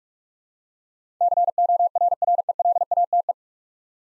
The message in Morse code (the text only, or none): CORRELATE